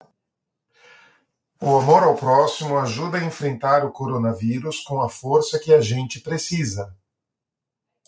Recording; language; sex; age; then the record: spoken sentence; Brazilian Portuguese; male; 50 to 59 years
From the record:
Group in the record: control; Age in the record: 53 years